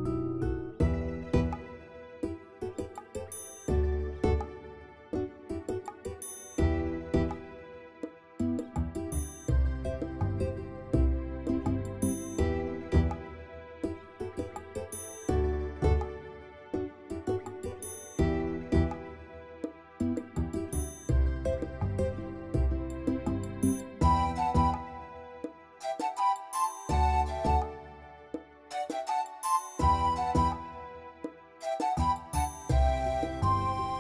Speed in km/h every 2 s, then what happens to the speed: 118, 120, 123, 128, 131, 133, 134, 136, 135, 135, 135, 132, 129, 124, 116, 109, 98.
0-13 speeds up to 136. 13-20 steady at about 135. 20-34 slows to 98.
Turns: none.